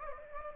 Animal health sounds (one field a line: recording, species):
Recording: mosquito wingbeat signal from an infrared sensor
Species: Anopheles gambiae